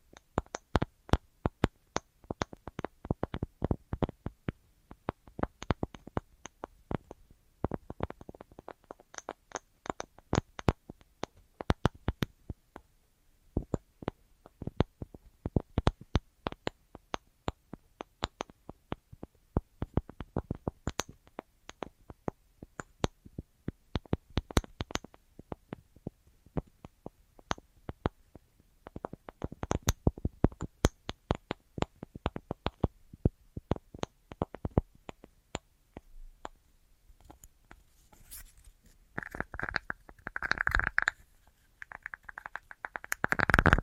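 An assortment of tapping: quick, sharp taps arrive in dense, irregular bursts, sometimes several per second, with brief pauses between clusters. The taps are crisp and bright. Near the end, around forty seconds, a brief rustling, scraping texture joins them.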